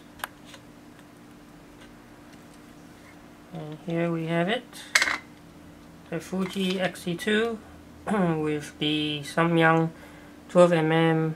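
A Samyang 12mm f/2 ultra-wide lens is twisted onto the bayonet mount of a Fujifilm X-E2 mirrorless camera body and locks into place, giving a single sharp tick at 0.2 s. Someone then talks.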